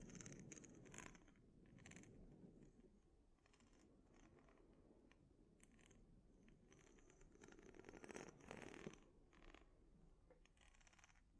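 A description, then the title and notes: Scalp treatment sounds: a steady rough rubbing and scratching runs throughout, with crisp bursts of scritching, like fingers or a brush through hair, recurring every second or so. The rubbing grows fuller and louder around eight to nine seconds, then eases off. ASMR Sleep Inducing Scalp Treatment (No Talking).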